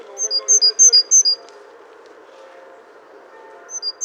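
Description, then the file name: Great tit repeating a sharp two-note whistled phrase about four times in quick rhythm, silence except a low background hum, then the same phrase begins again at the end. "Parus major"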